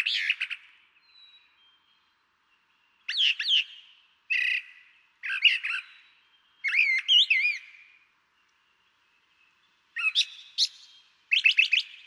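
Brown Thrasher delivering varied, spaced song phrases, mixing slurred whistles, raspy notes and paired chirps, with pauses between them.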